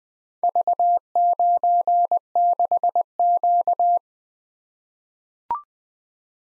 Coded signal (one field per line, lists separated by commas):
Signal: Morse code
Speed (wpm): 20 wpm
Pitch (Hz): 700 Hz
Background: none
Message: V96Q